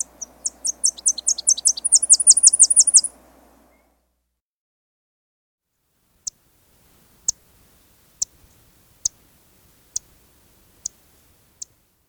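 Tennessee warbler song: high, sharp notes in a quickening series that break into a rapid dry trill, then single thin chip notes spaced about a second apart.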